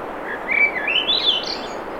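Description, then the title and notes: Swainson's thrush song climbing in rapid whistled steps to a high airy close, set against the hiss of surf. Singing, 7:15 pm, 7 June 2017, low 50s, clear skies, between tides; Sun Dew Trail near Ocean Beach, Schoodic Peninsula, Acadia National Park, Winter Harbor, Maine; Fostex FR2, Sennheiser ME66; high-pass filtered against surf. "Swainson's Thrush singing Wednesday June 7, 2017 7:15 pm temperature low 50s clear skies between the tides Sun Dew Trail where it intersects with trail to Ocean Beach Schoodic Pennisula Acadia National Park Winter Harbor, ME"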